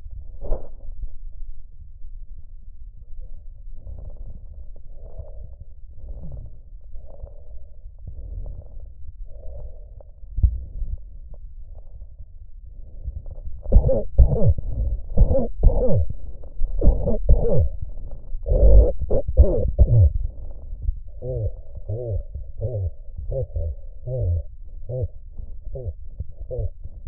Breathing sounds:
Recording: lung sounds by stethoscope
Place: trachea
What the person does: quiet breathing, then cough and speech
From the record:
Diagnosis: COPD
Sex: male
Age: 70 years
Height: 170 cm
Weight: 74 kg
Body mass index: 25.6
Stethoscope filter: extended mode

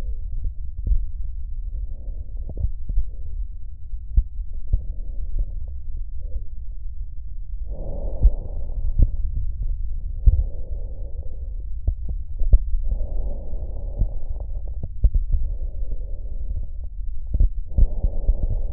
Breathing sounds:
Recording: lung sounds by stethoscope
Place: left posterior basal chest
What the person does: quiet breathing, then deep breathing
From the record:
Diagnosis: interstitial lung disease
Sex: male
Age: 74 years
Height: 160 cm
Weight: 54 kg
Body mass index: 21.1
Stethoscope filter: extended mode

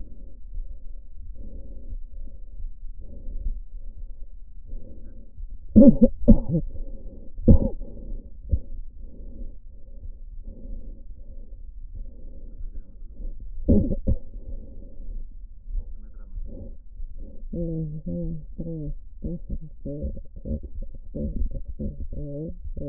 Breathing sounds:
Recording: lung sounds by stethoscope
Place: left posterior apical chest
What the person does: quiet breathing, then cough and speech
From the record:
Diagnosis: interstitial lung disease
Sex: female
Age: 68 years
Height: 152 cm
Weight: 76 kg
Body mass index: 32.9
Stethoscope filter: diaphragm mode

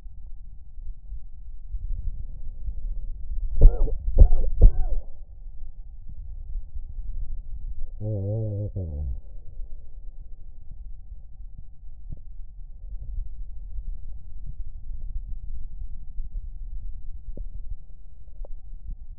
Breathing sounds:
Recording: lung sounds by stethoscope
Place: right anterior apical chest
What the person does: quiet breathing, then cough and speech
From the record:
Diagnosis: COPD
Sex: male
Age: 60 years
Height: 171 cm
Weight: 59.4 kg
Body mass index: 20.3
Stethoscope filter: extended mode

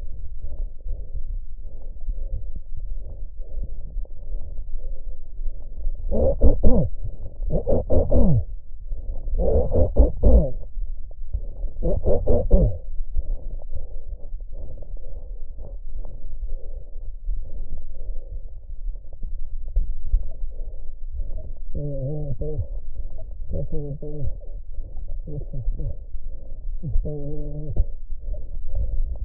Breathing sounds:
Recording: lung sounds by stethoscope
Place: right posterior basal chest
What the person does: quiet breathing, then cough and speech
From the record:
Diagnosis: interstitial lung disease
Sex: male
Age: 72 years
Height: 167 cm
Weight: 74 kg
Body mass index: 26.5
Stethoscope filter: extended mode

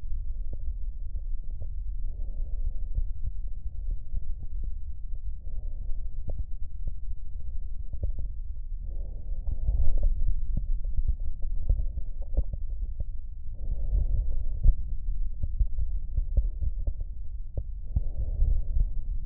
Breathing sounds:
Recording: lung sounds by stethoscope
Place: right posterior basal chest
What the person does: quiet breathing, then deep breathing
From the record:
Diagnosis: COPD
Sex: male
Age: 80 years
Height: 171 cm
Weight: 75 kg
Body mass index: 25.6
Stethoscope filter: extended mode

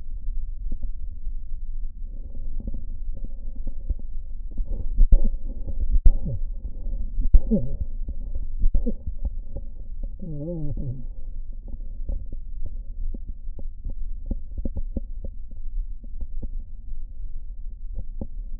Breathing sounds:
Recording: lung sounds by stethoscope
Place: left posterior basal chest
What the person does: quiet breathing, then cough and speech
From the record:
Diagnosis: COPD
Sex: male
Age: 72 years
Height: 172 cm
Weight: 58.6 kg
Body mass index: 19.8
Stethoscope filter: diaphragm mode

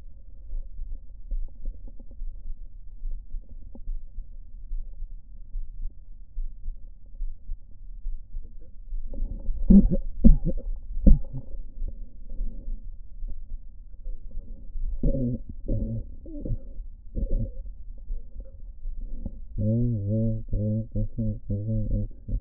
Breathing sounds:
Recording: lung sounds by stethoscope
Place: right anterior apical chest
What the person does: quiet breathing, then cough and speech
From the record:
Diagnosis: none (healthy)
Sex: male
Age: 35 years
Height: 186 cm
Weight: 108 kg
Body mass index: 31.2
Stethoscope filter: diaphragm mode

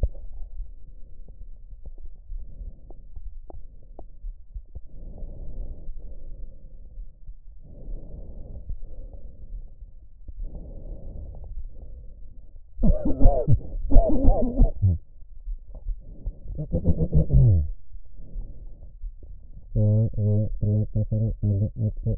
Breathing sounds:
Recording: lung sounds by stethoscope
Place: right anterior apical chest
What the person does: quiet breathing, then cough and speech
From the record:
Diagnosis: none (healthy)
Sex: male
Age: 45 years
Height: 173 cm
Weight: 92 kg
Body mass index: 30.7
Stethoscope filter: extended mode

